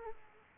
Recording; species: mosquito wingbeat signal from an infrared sensor; Aedes aegypti